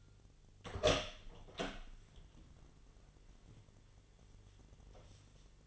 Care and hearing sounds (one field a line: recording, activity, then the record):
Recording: daily activity, microphone in the room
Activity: open door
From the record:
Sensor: 4